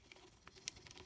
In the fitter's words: Ah, there we go, if you heard that snap.